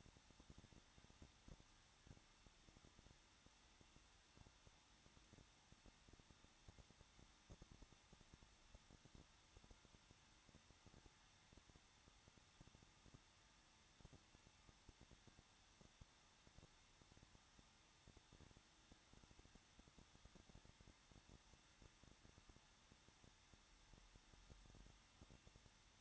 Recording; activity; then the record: daily activity, microphone in the room; no activity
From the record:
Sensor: 3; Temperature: 21.2 degrees Celsius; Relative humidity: 36.3%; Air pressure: 1006.3 hPa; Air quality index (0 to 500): 223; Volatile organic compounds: 42 ppm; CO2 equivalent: 3179 ppm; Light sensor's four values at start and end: 2/3/2/2 and 2/3/2/2